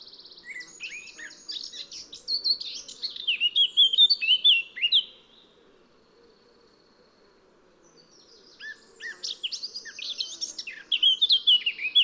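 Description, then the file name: Eurasian blackcap song: a chattering warble that swells into loud fluty whistles, pauses about three seconds, then repeats with another scratchy run ending in clear whistles. "Sylvia atricapilla"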